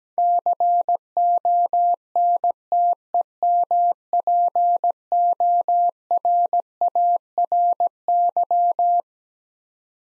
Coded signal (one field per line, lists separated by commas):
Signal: Morse code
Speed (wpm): 17 wpm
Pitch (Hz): 700 Hz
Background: none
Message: CONTEMPORARY